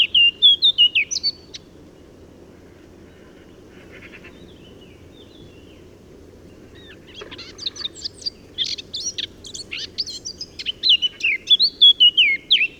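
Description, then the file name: Eurasian blackcap singing a short warbled phrase, then silence for several seconds before a scratchy chatter builds into loud, clear, descending fluted notes. "Sylvia atricapilla"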